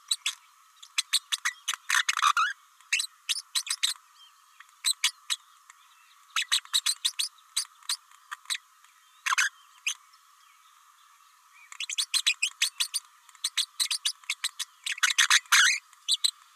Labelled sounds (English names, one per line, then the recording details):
Green-rumped Parrotlet babbling
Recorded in a nest box in Venezuela
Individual 18B104A5